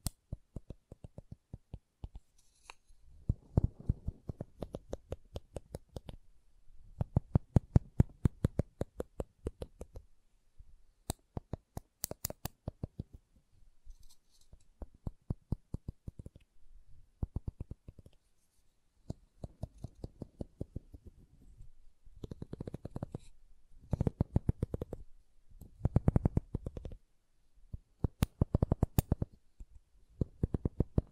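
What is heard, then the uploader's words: Dry wooden tapping and clicking in quick bursts, with rapid regular taps packed into runs of a second or two separated by short pauses. The sounds are crisp with some low knocking body. ASMR Calming Wood Triggers for Sleep (No Talking).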